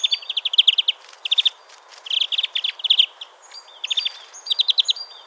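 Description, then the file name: European greenfinch twittering in several rapid trilled bursts with short whistled notes. "Chloris chloris"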